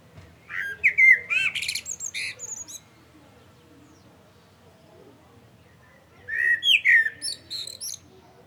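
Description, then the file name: Common blackbird song in two phrases: low fluty whistles rising into a scratchy high-pitched twitter, separated by about three seconds of quiet. "Turdus merula"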